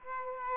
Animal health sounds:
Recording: mosquito wingbeat signal from an infrared sensor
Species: Aedes aegypti

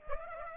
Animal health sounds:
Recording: mosquito wingbeat signal from an infrared sensor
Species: Aedes aegypti

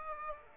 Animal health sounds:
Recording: mosquito wingbeat signal from an infrared sensor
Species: Aedes aegypti

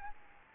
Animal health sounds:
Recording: mosquito wingbeat signal from an infrared sensor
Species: Aedes albopictus

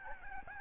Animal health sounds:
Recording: mosquito wingbeat signal from an infrared sensor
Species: Aedes albopictus

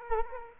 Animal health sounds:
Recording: mosquito wingbeat signal from an infrared sensor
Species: Culex quinquefasciatus

